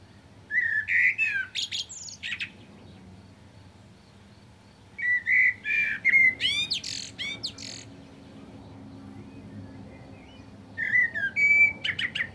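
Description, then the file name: Common blackbird singing three separate phrases of low mellow fluted warbles mixed with squeaky high twitters, with quiet pauses of a few seconds between them. "Turdus merula"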